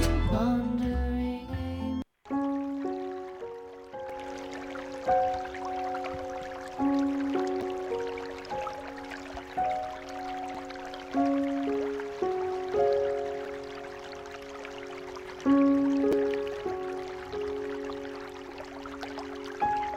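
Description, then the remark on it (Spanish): Steady, gentle water dripping and trickling, with scattered soft drops over a bed of sustained, mellow tones that shift slowly, calm and even in loudness after a brief burst of music at the start. “Este sonido relajante del agua nos traslada a la sección del Chocó del Bienestar”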